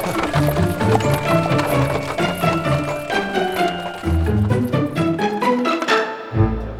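Horses gallop in the Palio di Siena race on the shell-shaped square in the centre of Siena, their rapid hoofbeats thudding steadily beneath a dense, bright wash of tonal sound, which cuts off abruptly near the end.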